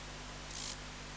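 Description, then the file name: Bush-cricket song: a single very high, hissing chirp lasting about a quarter of a second, with quiet steady hum before and after. "Rhacocleis germanica"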